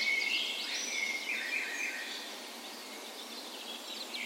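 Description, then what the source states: Short stretch of a dawn chorus: a few birds sing overlapping whistles and chirps, loudest at the start and softening toward the end. Spring dawn chorus recorded on the morning of 17 May, Norway's National Day, in a park west in Bergen, Norway; Sony PCM A10 recorder with LOM Usi microphones placed as "tree ears".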